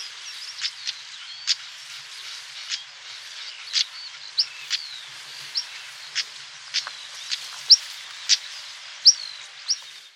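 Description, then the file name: European stonechat giving sharp clicking notes every second or so, mixed with thin whistles. "svarthakad buskskvatta"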